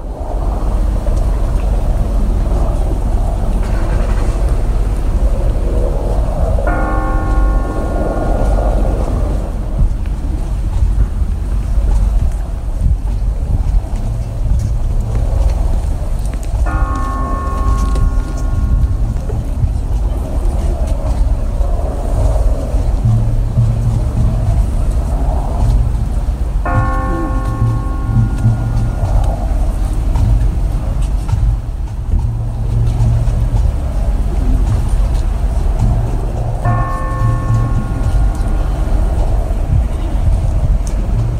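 A bell tolls slowly and evenly after the funeral Mass, one ringing stroke about every ten seconds, each note hanging and fading before the next. Underneath runs a steady low rumble like idling vehicles or traffic, with faint murmuring voices.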